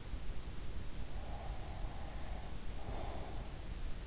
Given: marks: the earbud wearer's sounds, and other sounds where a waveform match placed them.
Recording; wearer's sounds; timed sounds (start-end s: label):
sounds in sleep by an in-ear microphone; breath
1.11-4.00 s: breath